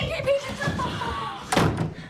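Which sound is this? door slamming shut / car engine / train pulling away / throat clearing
door slamming shut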